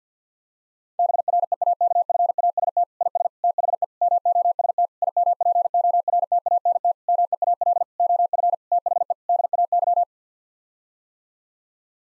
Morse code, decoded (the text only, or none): BREAKFAST IS THE MOST IMPORTANT MEAL OF THE DAY